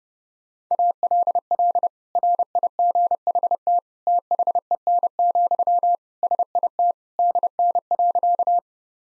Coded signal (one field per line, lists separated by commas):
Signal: Morse code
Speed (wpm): 30 wpm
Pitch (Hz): 700 Hz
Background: none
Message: ALL RIGHT THEN, SIT DN.